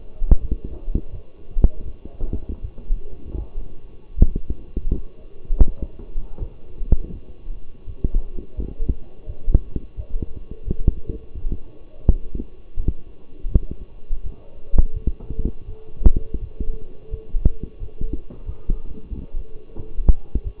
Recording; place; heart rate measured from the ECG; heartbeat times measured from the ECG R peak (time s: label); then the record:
heart sounds by stethoscope; between the tricuspid and mitral areas; 84 bpm
0.41 s: heartbeat
1.11 s: heartbeat
1.84 s: heartbeat
2.61 s: heartbeat
3.38 s: heartbeat
4.15 s: heartbeat
4.90 s: heartbeat
5.64 s: heartbeat
6.39 s: heartbeat
7.11 s: heartbeat
7.85 s: heartbeat
8.56 s: heartbeat
9.26 s: heartbeat
9.96 s: heartbeat
10.65 s: heartbeat
11.35 s: heartbeat
12.06 s: heartbeat
12.76 s: heartbeat
13.48 s: heartbeat
14.23 s: heartbeat
14.93 s: heartbeat
15.66 s: heartbeat
16.40 s: heartbeat
17.10 s: heartbeat
17.79 s: heartbeat
18.45 s: heartbeat
19.09 s: heartbeat
19.76 s: heartbeat
20.43 s: heartbeat
From the record:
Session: walking at 3.7 km/h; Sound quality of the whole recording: partially saturated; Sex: male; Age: 24 years